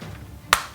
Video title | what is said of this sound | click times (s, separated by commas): FULL AUTO LEGO SCAR! | snap in so if you want to lock it you can do that | 0.5 s